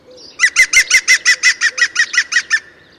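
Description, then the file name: European green woodpecker calling a fast laughing series of about twelve loud ringing notes, evenly spaced and slightly falling in pitch. "Dzięcioł zielony"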